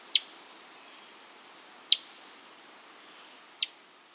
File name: Kentucky Warbler